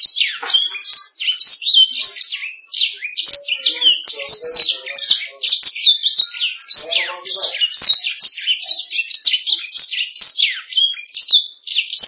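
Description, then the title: Canary singing a long unbroken stream of quick chirps, whistles and trills, with faint lower sounds beneath. "BM Suara Kenari"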